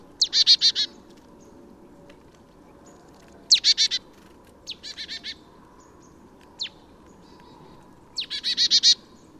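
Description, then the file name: Marsh tit giving rapid, high, dry chattering series of several notes, separated by pauses, with a single sharp note in between. "Poecile palustris"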